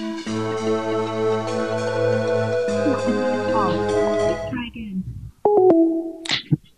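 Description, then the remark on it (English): An automated Google Voice telephone error message saying the call could not be completed: a few seconds of buzzy, sustained tonal sound, then the short stepped beeps that signal a call that couldn't be completed, ending with a brief burst. “You could not complete your call. Please try again.”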